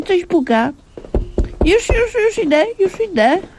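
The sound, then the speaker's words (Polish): Four dull, evenly spaced knocks at a door thud out in a short burst, with a person talking just before and right after them. “Poczekaj, bo coś puka.”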